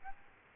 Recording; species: mosquito wingbeat signal from an infrared sensor; Aedes aegypti